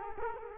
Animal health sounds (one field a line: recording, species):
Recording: mosquito wingbeat signal from an infrared sensor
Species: Culex quinquefasciatus